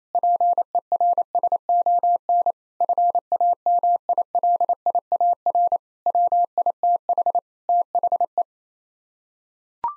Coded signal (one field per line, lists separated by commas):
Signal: Morse code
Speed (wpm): 28 wpm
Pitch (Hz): 700 Hz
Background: none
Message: PERSON FAMILIAR WITH THE